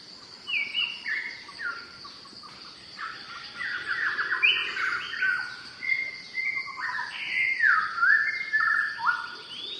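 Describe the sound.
Shama singing a rich, varied stream of whistled phrases, slurs and short trills that barely pause, with a steady insect whine behind.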